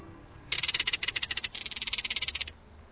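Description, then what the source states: Crested caracara calls: two dry rattling series of rapid pulses, each about a second long. Weird calls; the species is named for the rattling sound of its calls.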